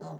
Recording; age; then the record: pig call; piglet (1 to 25 days)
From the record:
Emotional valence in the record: negative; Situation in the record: short isolation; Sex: male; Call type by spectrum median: low-frequency call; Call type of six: low-frequency stable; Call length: 0.20 s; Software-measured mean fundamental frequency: 80 Hz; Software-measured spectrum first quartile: 178 Hz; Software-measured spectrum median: 396 Hz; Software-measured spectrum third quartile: 728 Hz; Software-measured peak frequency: 162 Hz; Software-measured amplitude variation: 99 dB a second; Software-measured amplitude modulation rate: 14.8 a second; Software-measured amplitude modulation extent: 6.7 dB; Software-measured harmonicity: 1.8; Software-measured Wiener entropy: -0.30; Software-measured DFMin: 1263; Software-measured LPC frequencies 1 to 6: 617, 3398, 4194, 4984, 6070, 6985 Hz